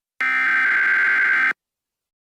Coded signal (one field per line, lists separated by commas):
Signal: Emergency Alert System (SAME) tones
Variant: header bursts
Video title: Tom hates EAS Tones?! 💀